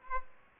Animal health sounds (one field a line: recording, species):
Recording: mosquito wingbeat signal from an infrared sensor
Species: Aedes aegypti